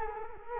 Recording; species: mosquito wingbeat signal from an infrared sensor; Culex quinquefasciatus